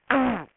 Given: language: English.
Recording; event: throat vibration sensor signal played as sound; throat clearing